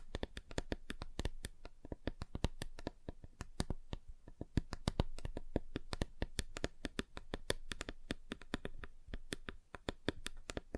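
Fingers tap rapidly on different surfaces, producing dense, irregular runs of sharp clicks and knocks with barely a pause. The taps come several per second throughout, some louder and crisper than others, over a faint low hum.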